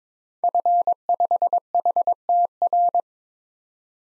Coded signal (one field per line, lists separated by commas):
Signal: Morse code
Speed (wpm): 21 wpm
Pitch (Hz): 700 Hz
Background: none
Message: F5HTR